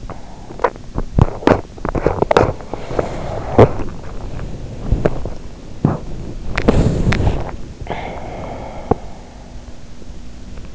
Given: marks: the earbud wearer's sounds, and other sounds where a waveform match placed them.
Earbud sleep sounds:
sounds in sleep by an in-ear microphone; swallowing, teeth grinding, body movement
0.00-0.97 s: swallowing
1.36-6.01 s: teeth grinding
6.15-10.74 s: body movement
6.97-7.83 s: swallowing

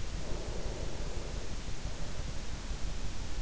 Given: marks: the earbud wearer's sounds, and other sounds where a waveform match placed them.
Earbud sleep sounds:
sounds in sleep by an in-ear microphone; breath
0.01-3.42 s: breath

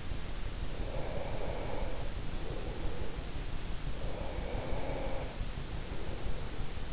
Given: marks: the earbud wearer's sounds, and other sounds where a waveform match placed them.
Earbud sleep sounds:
sounds in sleep by an in-ear microphone; breath
0.48-3.43 s: breath
3.72-6.82 s: breath

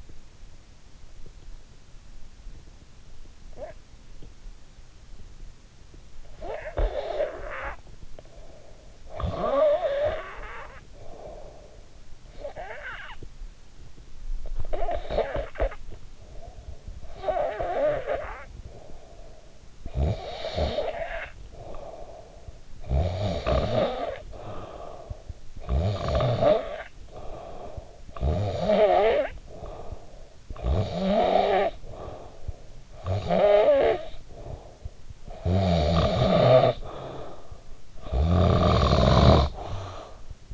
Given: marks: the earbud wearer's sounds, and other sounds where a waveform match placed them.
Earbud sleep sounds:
sounds in sleep by an in-ear microphone; snoring breath
3.35-4.69 s: snoring breath
5.81-13.55 s: snoring breath
14.20-40.54 s: snoring breath

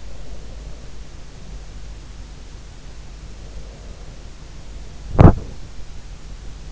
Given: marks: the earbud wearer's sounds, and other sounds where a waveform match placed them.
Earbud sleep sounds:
sounds in sleep by an in-ear microphone; breath, body movement
0.00-2.01 s: breath
3.35-5.52 s: breath
5.07-5.46 s: body movement

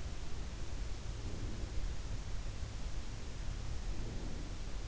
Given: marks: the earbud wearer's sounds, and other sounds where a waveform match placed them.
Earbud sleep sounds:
sounds in sleep by an in-ear microphone; breath
0.15-1.98 s: breath
2.78-4.88 s: breath

